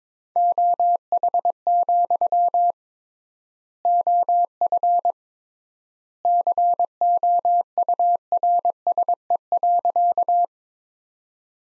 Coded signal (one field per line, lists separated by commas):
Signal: Morse code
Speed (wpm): 22 wpm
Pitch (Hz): 700 Hz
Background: none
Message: OH, OF COURSE.